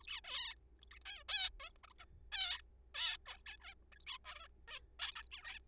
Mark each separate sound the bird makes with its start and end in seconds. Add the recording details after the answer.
0.00-0.07, 0.07-0.20, 0.24-0.54, 0.82-0.89, 0.91-0.99, 1.05-1.23, 1.29-1.49, 1.60-1.69, 1.83-1.86, 1.88-1.89, 1.90-1.95, 1.99-2.05, 2.32-2.61, 2.95-3.17, 3.26-3.38, 3.46-3.56, 3.60-3.74, 3.92-3.98, 4.00-4.04, 4.07-4.18, 4.25-4.47, 4.68-4.80, 4.99-5.15, 5.16-5.22, 5.23-5.30, 5.32-5.59. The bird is a juvenile. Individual R3428